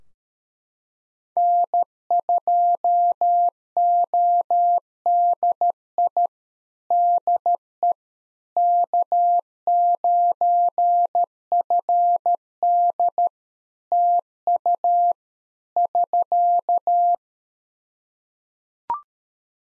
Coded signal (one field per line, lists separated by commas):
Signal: Morse code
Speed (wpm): 13 wpm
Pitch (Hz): 700 Hz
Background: none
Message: N2ODI DE K9FD TU <SK>